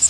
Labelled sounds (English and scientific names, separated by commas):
Magnolia Warbler (Setophaga magnolia) flight call